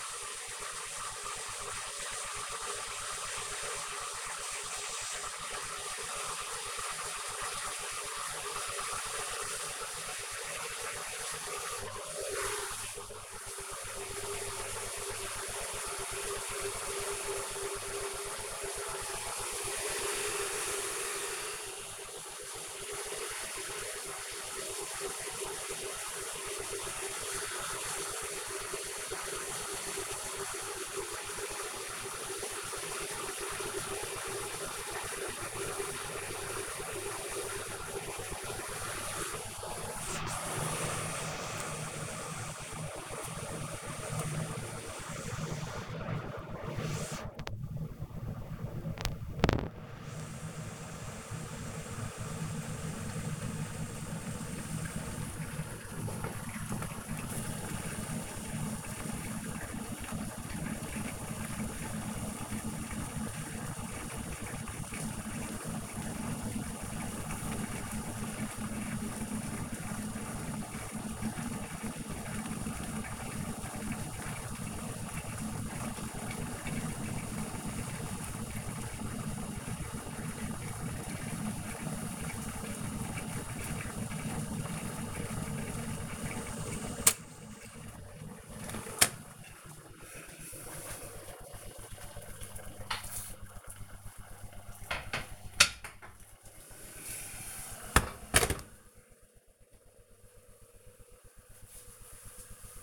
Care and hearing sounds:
household activities, microphone on the right wrist
0.00-98.91 s: making tea

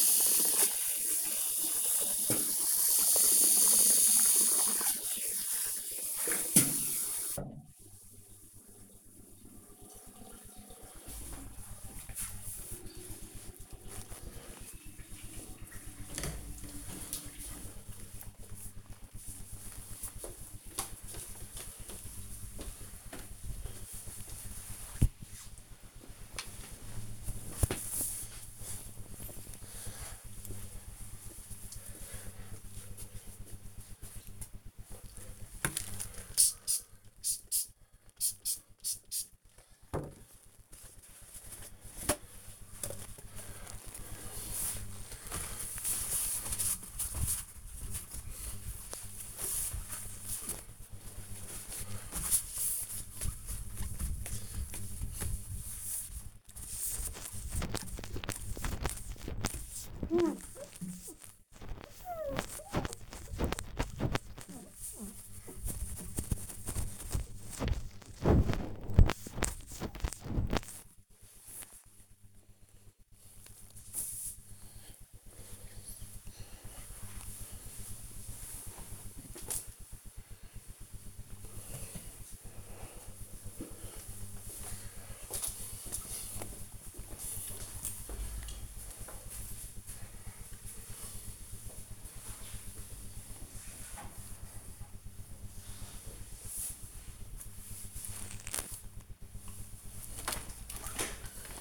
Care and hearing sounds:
household activities, microphone on the right wrist
0.00-8.71 s: brushing teeth
34.88-72.13 s: window cleaning
99.35-101.61 s: vacuum cleaning

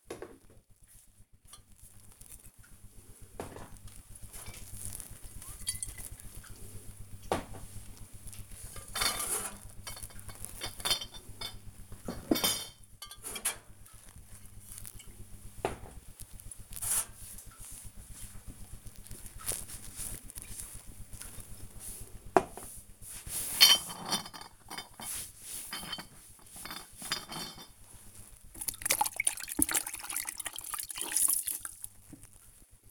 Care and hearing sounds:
household activities, microphone on the right wrist
0.00-32.91 s: cleaning the cupboard

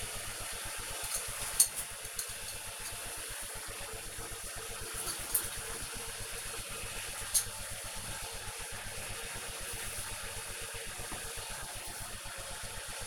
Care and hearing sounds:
household activities, microphone on the right wrist
0.00-13.07 s: making tea

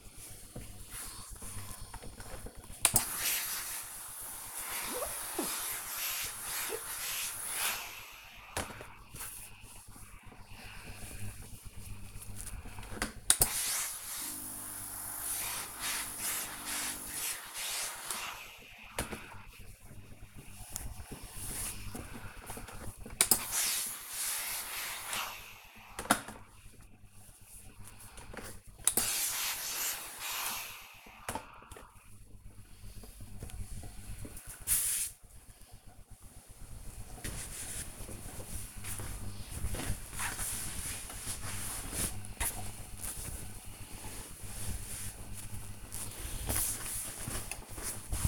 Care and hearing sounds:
household activities, microphone on the right wrist
0.00-31.06 s: ironing laundry

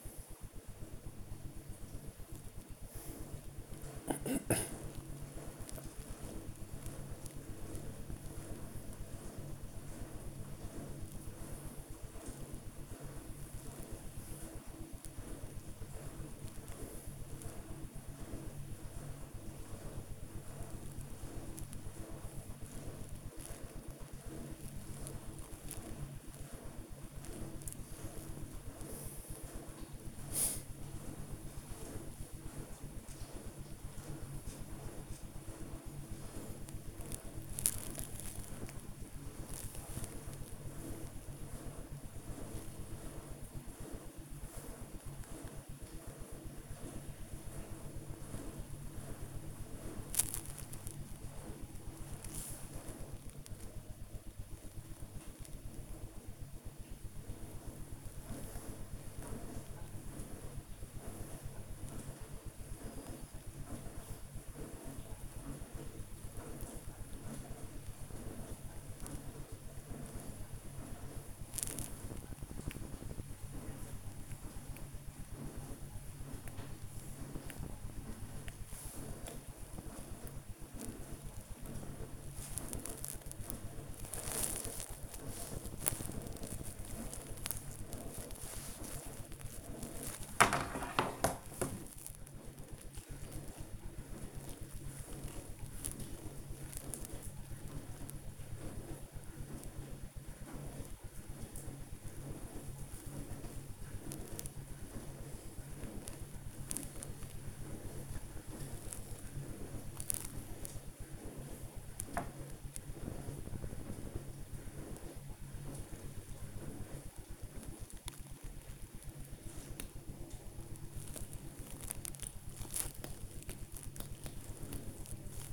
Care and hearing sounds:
household activities, microphone on the right wrist
0.00-99.75 s: working on the computer
104.76-125.52 s: working on the computer

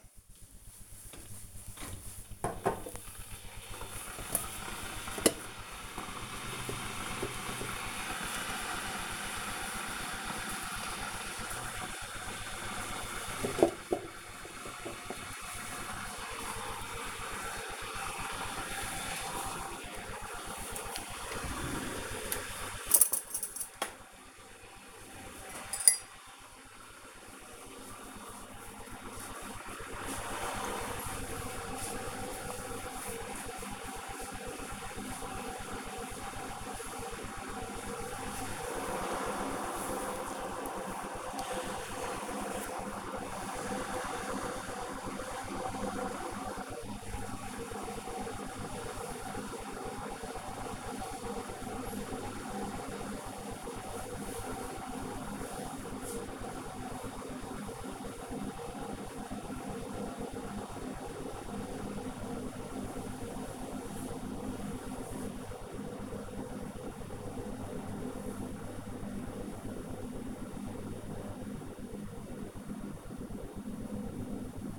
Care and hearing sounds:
household activities, microphone on the right wrist
0.00-74.78 s: making tea

